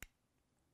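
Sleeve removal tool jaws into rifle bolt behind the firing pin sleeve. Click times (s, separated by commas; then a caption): 0.0 s. A sleeve removal tool is pushed into a BAT modular rifle bolt until its small jaws snap behind the firing pin sleeve. A single sharp, bright metallic click is heard at 0.0 s, followed by near silence. The click shows the jaws have seated behind the sleeve.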